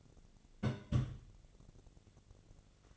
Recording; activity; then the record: daily activity, microphone in the room; place on stove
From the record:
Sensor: 4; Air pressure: 1000.8 hPa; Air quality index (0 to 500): 126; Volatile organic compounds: 1 ppm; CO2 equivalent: 946 ppm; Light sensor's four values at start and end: 42/102/43/47 and 42/101/43/47